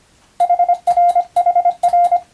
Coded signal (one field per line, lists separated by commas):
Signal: Morse code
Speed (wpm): 25 wpm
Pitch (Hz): 700 Hz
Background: radio noise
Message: HR HR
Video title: モールスＣＷトレーニング！総合無線通信士無線従事者国家試験の練習風景です。アマチュア無線ハムの受信練習にもどうぞ(morse code practice for radio operator )